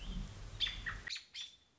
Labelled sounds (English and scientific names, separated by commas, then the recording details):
American Robin (Turdus migratorius)
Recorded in Sonoma County, California